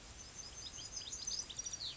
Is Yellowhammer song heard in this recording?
yes